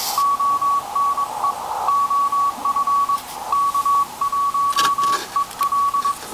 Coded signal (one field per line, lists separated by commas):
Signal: Morse code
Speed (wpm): 22 wpm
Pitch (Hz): 1130 Hz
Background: none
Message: ONE OF K1EL